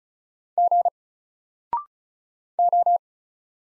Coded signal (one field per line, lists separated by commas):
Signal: Morse code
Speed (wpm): 36 wpm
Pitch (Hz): 700 Hz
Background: none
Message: G O